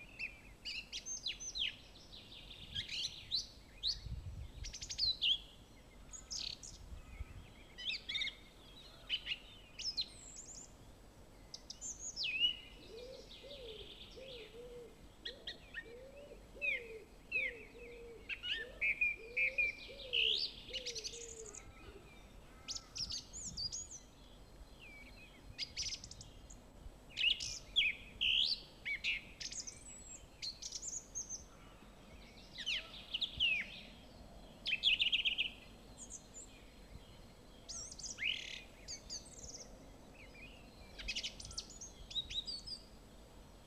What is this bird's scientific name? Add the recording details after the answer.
Turdus philomelos. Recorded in the wild. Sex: male. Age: adult. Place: Villach, Kärnten, AT. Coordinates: 46.6, 13.85. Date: 1972. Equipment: Uher 4100 Report-V, Sennheiser MKH 804. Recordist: Brunner, Thomas